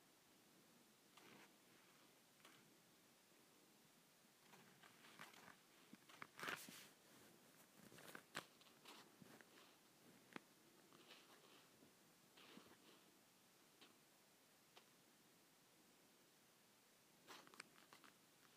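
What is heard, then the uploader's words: Leather is scratched in short, irregular rubbing strokes with brief pauses between them. The scraping is dry and crisp, loudest around six to eight seconds, with a sharp cluster near seventeen seconds. A faint steady hiss sits underneath throughout. ASMR Leather Scratching.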